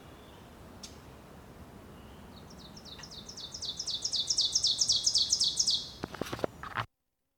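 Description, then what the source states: Ovenbird singing a fast series of repeated two-part notes that build steadily louder to a ringing climax, followed by a few sharp clicks, over faint background hiss. Recorded at Milboune, Worcester.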